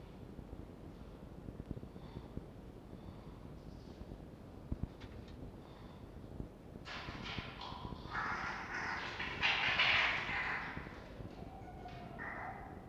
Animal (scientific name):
Vulpes vulpes